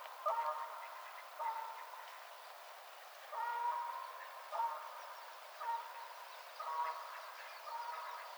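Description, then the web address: Canada goose honks: a series of nasal honks, several in quick succession. Recorded 22 March 2007. "Canada Goose 2007 03 22 Canada Goose"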